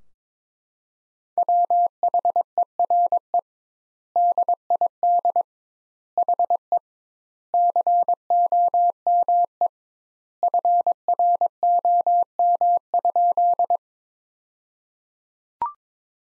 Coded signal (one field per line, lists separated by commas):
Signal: Morse code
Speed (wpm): 22 wpm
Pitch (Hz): 700 Hz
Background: none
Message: WHERE DID HE COME FROM?